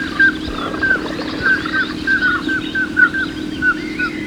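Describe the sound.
Bird song of short, bright chirped notes repeated at irregular intervals, over a steady low hum and background noise.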